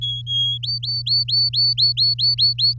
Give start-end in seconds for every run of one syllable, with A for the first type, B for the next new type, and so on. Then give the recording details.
0.01-0.58 A, 0.63-2.74 B. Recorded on 7 May 2018 at 17:13. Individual llb16